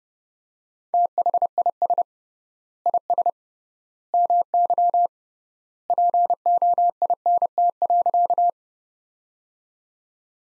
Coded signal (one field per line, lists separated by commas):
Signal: Morse code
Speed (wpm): 32 wpm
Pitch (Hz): 700 Hz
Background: none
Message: THIS IS MY POINT.